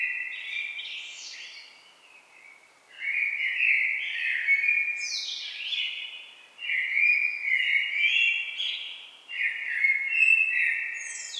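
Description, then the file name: Common blackbird song, mellow fluted warbles with higher squeaky twitters at phrase ends, in near-continuous phrases broken by brief pauses. "Turdus merula"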